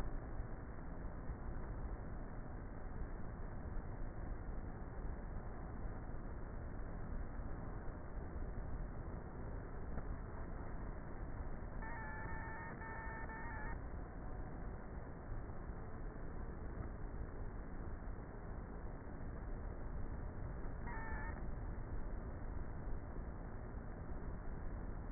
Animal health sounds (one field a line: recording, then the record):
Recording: honeybee colony, microphone inside the hive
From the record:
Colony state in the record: queenless with a low population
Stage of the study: before two queens were removed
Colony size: about 30,000 bees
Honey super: no